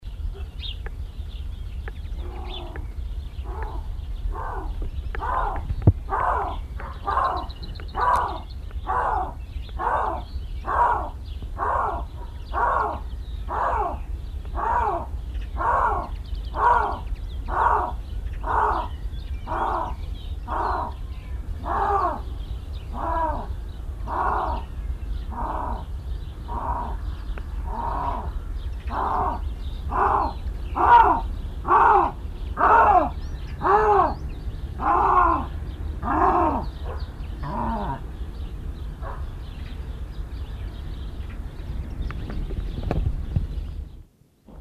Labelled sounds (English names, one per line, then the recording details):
Canadian Lynx call
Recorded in captivity
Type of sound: call sequence
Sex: male
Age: adult
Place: Zoopark Erfurt, Thüringen, DE
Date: 1972-05-19 12:47
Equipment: Uher 4200 Report Stereo, Sennheiser MD 421, Tesla-Verstärker
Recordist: Tembrock, Günter
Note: Kanadischer Luchs: Männchen, Rufreihe. Aufnahme gut